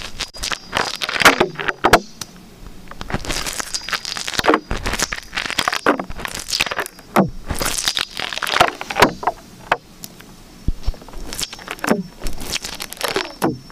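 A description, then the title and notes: Liquid slime squelches and crackles in quick, irregular bursts of wet pops and bright sticky smacks, with brief quiet gaps between squeezes. Liquid Slime ASMR.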